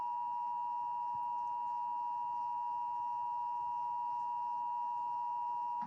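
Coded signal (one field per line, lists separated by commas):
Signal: Emergency Alert System (SAME) tones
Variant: 853 and 960 Hz attention tone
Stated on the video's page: Simulated EAS scenario about the 2024 solar eclipse.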